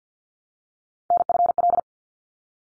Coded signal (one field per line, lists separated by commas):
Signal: Morse code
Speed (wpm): 48 wpm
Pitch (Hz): 700 Hz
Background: none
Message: NFL